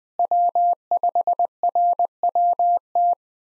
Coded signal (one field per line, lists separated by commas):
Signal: Morse code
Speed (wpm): 20 wpm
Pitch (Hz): 700 Hz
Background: none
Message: W5RWT